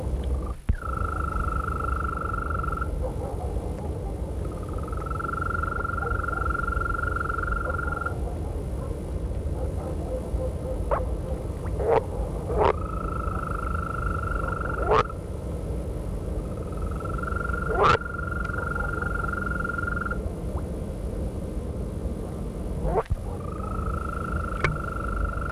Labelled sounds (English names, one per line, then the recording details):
Green Toad call
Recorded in the wild
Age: adult
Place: Berlin, OT Blankenfelde, Berlin, DE
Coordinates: 52.6261, 13.3917
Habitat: pond
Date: 1962-06-09 22:30
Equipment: Minifon, Kopie Smaragd
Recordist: Tembrock, Günter